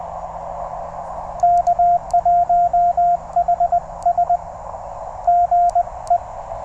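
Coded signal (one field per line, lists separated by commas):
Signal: Morse code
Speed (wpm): 19 wpm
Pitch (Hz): 690 Hz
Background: radio noise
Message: K1HS GE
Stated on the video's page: QRP CW parks-on-the-air activation from a TR-35 in the evening, on multiple bands.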